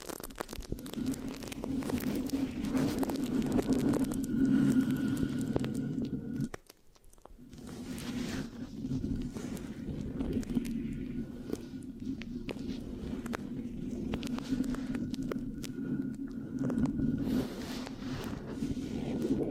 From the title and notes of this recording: ASMR Giving You a Brain Peel Mic Scratching, Sticky, Brain Massage Triggers (No Talking).